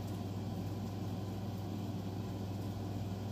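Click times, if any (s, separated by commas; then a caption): none. A plastic K'nex connector is attached to the fuse rod of a K'nex prop dynamite and worked down the rod, which is difficult, before being pushed snug. Only a steady low hum with even background noise is heard, with no distinct sudden sounds. Nothing has seated or clicked yet.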